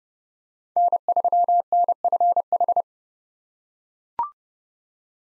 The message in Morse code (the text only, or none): N3NFH